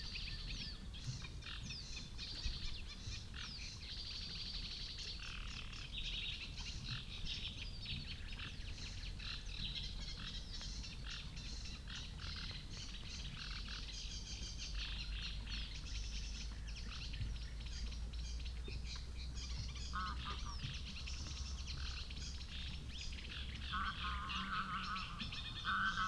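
A sedge warbler and a reed bunting sing persistently over a steady low rumble, with busy, scratchy chatter in the upper range throughout. Bearded tits pass by, and around twenty and twenty-four seconds brighter clustered calls stand out briefly.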